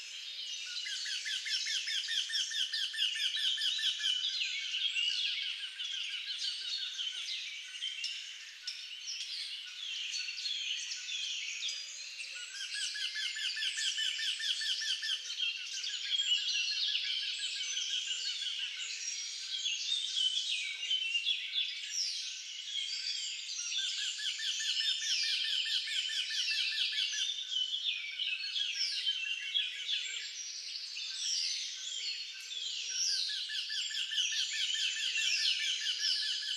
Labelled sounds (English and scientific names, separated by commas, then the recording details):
Eurasian Wryneck (Jynx torquilla) song
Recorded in the wild
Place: Lilienhof / Kaiserstuhl, Baden-Württemberg, DE
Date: 2009-04-11
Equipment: MiniDisc Sharp MT 20 H
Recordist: Schwarz, Dieter
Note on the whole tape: Song